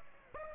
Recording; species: mosquito wingbeat signal from an infrared sensor; Aedes aegypti